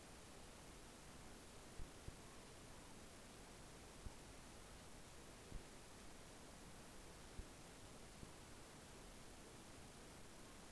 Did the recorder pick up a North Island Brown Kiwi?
no